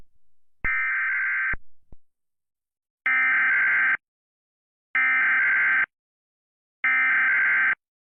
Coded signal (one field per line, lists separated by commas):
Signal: Emergency Alert System (SAME) tones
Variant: header bursts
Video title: Directv eas woa doodles